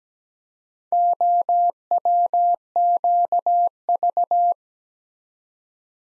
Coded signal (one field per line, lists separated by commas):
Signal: Morse code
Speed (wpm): 17 wpm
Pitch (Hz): 700 Hz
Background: none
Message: OWQV